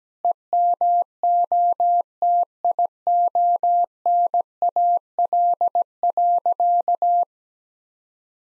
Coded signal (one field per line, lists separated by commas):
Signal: Morse code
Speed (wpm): 17 wpm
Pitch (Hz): 700 Hz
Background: none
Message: EMOTIONAL.